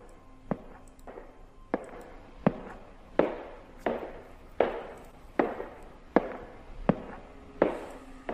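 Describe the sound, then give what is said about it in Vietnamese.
Slow, steady footsteps echo down a corridor at 11:40, approaching from far to near, about a dozen sharp heel strikes at an even pace, each trailing off in a ringing reverberation, with no voices. “Bỗng nhiên có tiếng bước chân truyền đến, tiếng bước chân vang vọng ở trên hành lang.”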